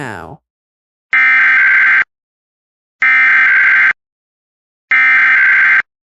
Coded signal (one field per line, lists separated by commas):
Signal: Emergency Alert System (SAME) tones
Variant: header bursts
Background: speech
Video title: rare eas alerts